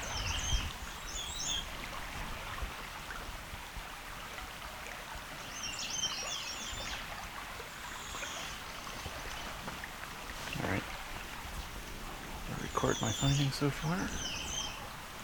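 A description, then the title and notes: Birds sing at a slow, relaxed pace in the quiet of Bruce Peninsula National Park, with short bright phrases around the start, near six to eight seconds, and again near the end. A steady soft hiss runs underneath, broken by a few dull knocks late on. It's late afternoon during the summer solstice of 2021, a time of the day when the birds are singing at a slower, more relaxed pace in the quiet soundscape of the Bruce Peninsula National Park in Ontario, Canada.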